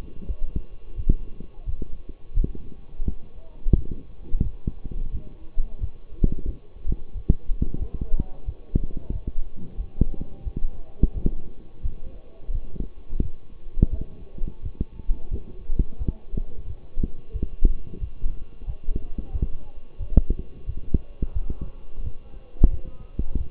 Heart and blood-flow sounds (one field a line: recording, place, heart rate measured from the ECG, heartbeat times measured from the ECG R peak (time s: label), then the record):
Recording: heart sounds by stethoscope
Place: between the tricuspid and mitral areas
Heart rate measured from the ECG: 88 bpm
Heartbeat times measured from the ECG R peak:
0.27 s: heartbeat
0.96 s: heartbeat
1.65 s: heartbeat
2.34 s: heartbeat
3.05 s: heartbeat
3.75 s: heartbeat
4.43 s: heartbeat
5.11 s: heartbeat
5.80 s: heartbeat
6.46 s: heartbeat
7.13 s: heartbeat
7.78 s: heartbeat
8.45 s: heartbeat
9.12 s: heartbeat
9.77 s: heartbeat
10.44 s: heartbeat
11.14 s: heartbeat
11.82 s: heartbeat
12.52 s: heartbeat
13.21 s: heartbeat
13.90 s: heartbeat
14.62 s: heartbeat
15.30 s: heartbeat
15.98 s: heartbeat
16.66 s: heartbeat
17.32 s: heartbeat
18.00 s: heartbeat
18.66 s: heartbeat
19.32 s: heartbeat
19.99 s: heartbeat
20.66 s: heartbeat
21.33 s: heartbeat
22.03 s: heartbeat
22.70 s: heartbeat
23.37 s: heartbeat
From the record:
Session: walking at 3.7 km/h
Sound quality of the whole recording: partially saturated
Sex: male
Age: 24 years